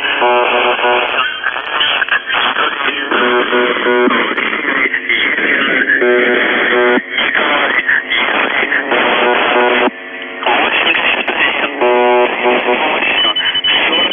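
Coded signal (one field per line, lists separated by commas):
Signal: channel marker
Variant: UVB-76 buzzer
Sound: repeated one-second harsh buzzes, roughly every two seconds, over noisy shortwave static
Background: radio static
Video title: The Buzzer/UVB-76(4625Khz) October 21, 2021 16:23UTC Voice message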